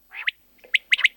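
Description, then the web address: Common quail call: a soft, buzzy note, then several sharp, high, clipped notes in quick succession. Common quail call used in an electronic game caller. "Перепел Quaglia. plurifon"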